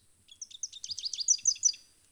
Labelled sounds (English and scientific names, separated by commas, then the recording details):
Rufous-capped Warbler (Basileuterus rufifrons) song
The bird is a male
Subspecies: rufifrons
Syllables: 17
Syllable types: 6
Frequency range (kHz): 2.6-7.1 kHz
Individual CS-WBBS-M